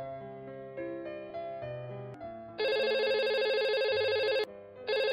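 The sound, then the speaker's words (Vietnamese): A landline telephone at home rings repeatedly: a short run of electronic melodic tones gives way to a loud, buzzy sustained ring that breaks off briefly and starts again, with no voices. “Điện thoại bàn kêu liên hồi, cô phấn khởi đi nhanh tới.”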